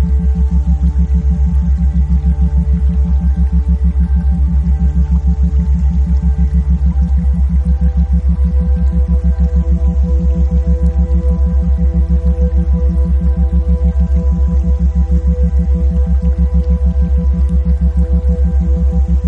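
Binaural beats and isochronic tones: a deep, unbroken low hum runs throughout, while a slightly higher tone throbs on and off in fast, even pulses from start to finish. Several faint steady tones sit above them, unchanging for the whole clip.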